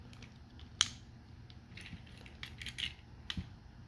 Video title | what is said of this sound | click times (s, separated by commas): Edoggz Reviews: Transformers Legacy United/ Animated Optimus Prime | now everything is locked into place | 0.8 s, 3.3 s